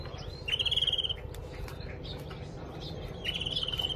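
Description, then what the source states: Canary calls: two brief, rapid trilled bursts, each well under a second, separated by a pause, over a low background hum. Female canary.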